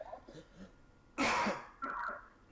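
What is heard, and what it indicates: A single loud, harsh cough from an adult man bursts through faint background talk, then voiced sound follows; an ordinary cough.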